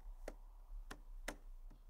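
The outer corner cover of a plastic composite cladding corner trim is handled against its fixed base corner piece, making short sharp taps at about 0.3, 0.9 and 1.3 seconds, with a fainter one near 1.7 seconds. Nothing has seated or clicked into place yet.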